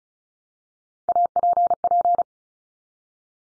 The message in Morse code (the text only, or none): APP